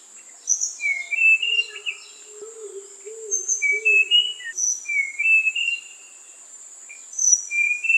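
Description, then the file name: Tanahjampea blue flycatcher delivering several runs of bright whistled notes, rising and falling; a low soft hooting sounds briefly, and a continuous high insect buzz persists throughout. "sikatan tanahjampea"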